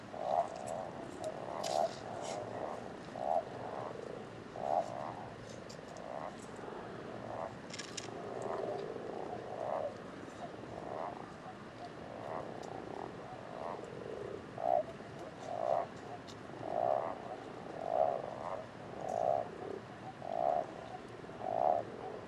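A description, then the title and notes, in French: Common toads and common frogs call together in a steady chorus, with short mid-pitched croaks repeating about once a second, more regular in the second half. A dense low murmur of many callers fills the background, with occasional faint clicks. Etang de Beaumont - Drôme - Parabole Wildtronic - 2Xmkh8020 - Mixpre 3. Une soirée splendide éclairée par la lune presque pleine. Entre 19 et 20h00 je reste au bord de l'étang à écouter le bal des Crapauds communs (Bufo bufo) et Grenouilles rousses (Rana temporia) .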